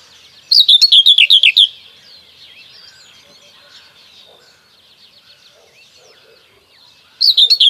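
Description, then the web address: Common whitethroat song: a short scratchy, chattering phrase of several rapid notes lasting about a second, then after a pause the start of another phrase, with faint background birds. "Przyroda Ptaki Cierniówka"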